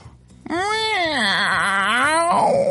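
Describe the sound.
A person imitates a cat with one long, drawn-out meow, its pitch rising, wavering in the middle, then sliding down into a trailing end. Loud and alone, with no other talk.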